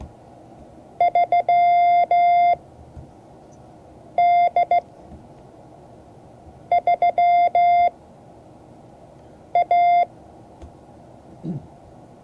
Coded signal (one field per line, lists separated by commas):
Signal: Morse code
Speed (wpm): 15 wpm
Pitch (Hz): 700 Hz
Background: none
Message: 3 D 3 A